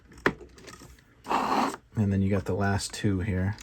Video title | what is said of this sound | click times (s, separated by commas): How to Assemble the TVC Haslab Cantina Bar Step by Step Guide #starwars #haslab #cantina #tutorial | Click in here to this one. | 0.3 s